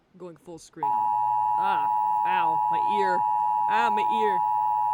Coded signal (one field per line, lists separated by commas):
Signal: Emergency Alert System (SAME) tones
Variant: 853 and 960 Hz attention tone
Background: speech